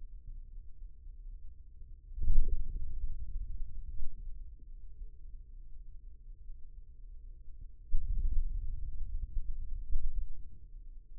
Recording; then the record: forearm muscle sounds (acoustic myography)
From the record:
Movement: hand opening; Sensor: system 2, bracelet of six BSWA MPA416 microphones around the upper forearm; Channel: 4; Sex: male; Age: 22 years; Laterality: right